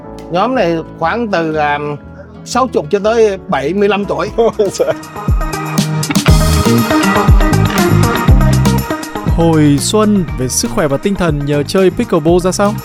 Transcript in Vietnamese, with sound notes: Nhóm này khoảng từ sáu chục cho tới bảy mươi lăm tuổi [cười]
Hồi Xuân về sức khỏe và tinh thần nhờ chơi pickleball ra sao?